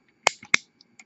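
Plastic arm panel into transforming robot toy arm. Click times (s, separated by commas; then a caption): 0.3 s, 0.5 s. A plastic arm panel is pressed back onto the arm of a transforming robot toy. Two sharp, loud plastic snaps ring out at 0.3 s and 0.5 s, separated by softer small clicks. The panel snaps tightly into place.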